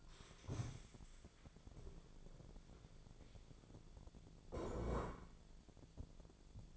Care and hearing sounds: daily activity, microphone in the room; stand up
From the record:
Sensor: 5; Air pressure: 1000.6 hPa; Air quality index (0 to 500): 146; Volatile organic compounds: 2 ppm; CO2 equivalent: 1130 ppm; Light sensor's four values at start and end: 48/113/47/50 and 48/113/47/50

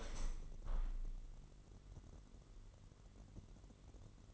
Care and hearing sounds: daily activity, microphone in the room; open window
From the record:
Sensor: 4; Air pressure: 999.4 hPa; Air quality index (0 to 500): 116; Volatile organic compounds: 2 ppm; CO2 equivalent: 1146 ppm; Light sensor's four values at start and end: 15/37/15/17 and 15/37/15/17

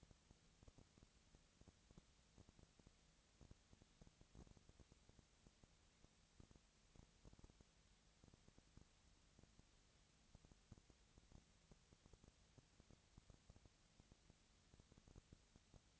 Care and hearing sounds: daily activity, microphone in the room; no activity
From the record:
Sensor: 3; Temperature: 20.4 degrees Celsius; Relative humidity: 34.4%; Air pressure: 997.0 hPa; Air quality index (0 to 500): 205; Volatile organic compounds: 68 ppm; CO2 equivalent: 3503 ppm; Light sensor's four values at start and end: 2/3/2/2 and 2/3/2/2

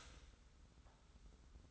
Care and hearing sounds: daily activity, microphone in the room; start toaster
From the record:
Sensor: 3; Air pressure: 990.6 hPa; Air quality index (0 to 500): 158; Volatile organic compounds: 748 ppm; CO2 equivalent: 5086 ppm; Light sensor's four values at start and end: 41/99/40/38 and 41/99/40/38

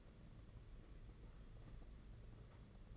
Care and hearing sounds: daily activity, microphone in the room; take from stove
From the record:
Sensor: 4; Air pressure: 992.9 hPa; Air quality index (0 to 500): 176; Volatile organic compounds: 350 ppm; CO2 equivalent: 4584 ppm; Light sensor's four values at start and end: 4/10/4/4 and 4/10/4/4

